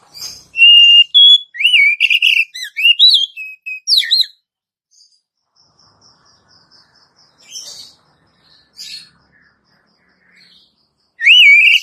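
Oriental magpie-robin pouring out a long run of varied whistled and warbled notes, then a spaced series of faint high notes and brief chirps, ending with another loud whistle.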